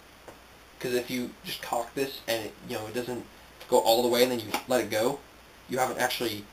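The pump slide of a plastic TSD M3 airsoft shotgun is racked all the way back until it clicks, catching the spring. One short click is heard at 0.3 s, confirming the pump is fully cocked. Afterward, someone talks.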